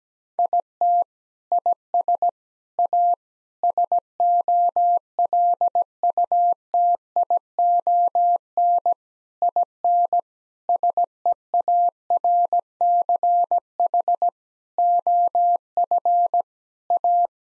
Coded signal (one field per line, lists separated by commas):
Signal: Morse code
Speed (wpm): 17 wpm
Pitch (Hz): 700 Hz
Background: none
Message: IT IS A SOLUTION IN SEARCH OF A